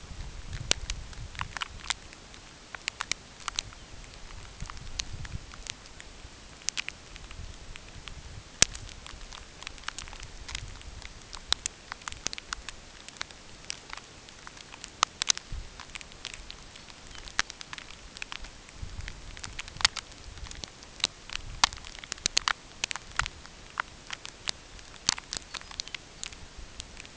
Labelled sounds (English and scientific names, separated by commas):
unidentified sound, Lapland Longspur (Calcarius lapponicus)